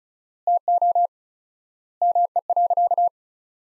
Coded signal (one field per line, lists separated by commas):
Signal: Morse code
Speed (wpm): 36 wpm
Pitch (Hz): 700 Hz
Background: none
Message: TO ME.